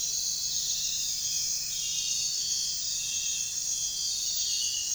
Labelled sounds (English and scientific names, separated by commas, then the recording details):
none
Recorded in pastures near Puerto Asís, Putumayo, Colombia, on 23 June 2025 at 03:30
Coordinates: 0.466, -76.322
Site GP07